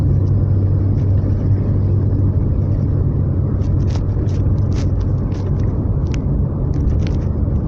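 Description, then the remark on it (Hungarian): A heavy machinery engine rumbles steadily and loudly throughout, a dense low drone with scattered faint clicks and ticks rising above it in the second half. “Az is jó, azt nézd ezt. A gépeket.”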